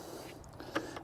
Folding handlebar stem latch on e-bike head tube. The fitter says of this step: and let it lock into place there